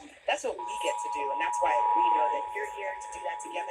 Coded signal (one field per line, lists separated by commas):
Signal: Emergency Alert System (SAME) tones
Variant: 853 and 960 Hz attention tone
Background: speech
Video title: EASyPLUS SPOTTED! EAS Tests from September 2023